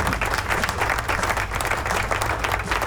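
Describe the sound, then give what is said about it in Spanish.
Steady applause from a crowd, a dense wash of many hands clapping at an even, moderate level throughout the three seconds, with no voices standing out. “Como que bajito esto aplausos, yo no sé, estoy aquí como que, déjame ver.”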